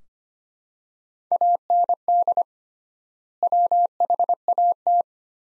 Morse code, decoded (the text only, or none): AND WHAT